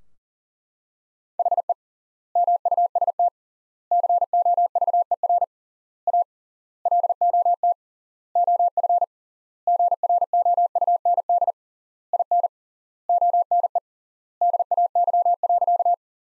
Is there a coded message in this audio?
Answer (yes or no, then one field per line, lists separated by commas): yes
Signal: Morse code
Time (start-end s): 1.4-15.9 s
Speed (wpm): 40 wpm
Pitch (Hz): 700 Hz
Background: none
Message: HE MUST COVER A LOT OF GROUND IN ONE DAY.